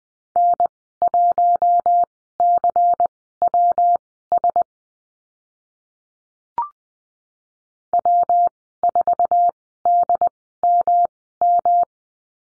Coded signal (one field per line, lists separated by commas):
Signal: Morse code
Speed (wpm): 19 wpm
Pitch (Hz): 700 Hz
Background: none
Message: N1CWS W4DMM